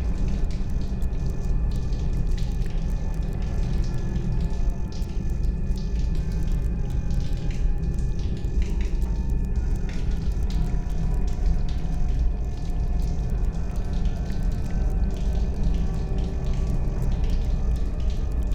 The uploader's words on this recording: Water Drips in the Spaceship Hallway.